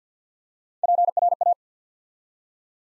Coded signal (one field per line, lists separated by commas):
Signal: Morse code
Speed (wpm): 50 wpm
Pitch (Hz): 700 Hz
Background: none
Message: PRA